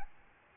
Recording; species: mosquito wingbeat signal from an infrared sensor; Aedes albopictus